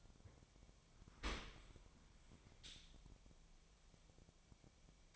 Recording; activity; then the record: daily activity, microphone in the room; open dishwasher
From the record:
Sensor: 1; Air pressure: 1006.8 hPa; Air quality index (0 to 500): 207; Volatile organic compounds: 23 ppm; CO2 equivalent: 2786 ppm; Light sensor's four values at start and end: 13/33/13/15 and 13/33/13/15